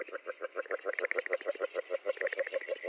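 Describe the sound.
Agile frog calling, a rapid, steady series of short knocking pulses throughout.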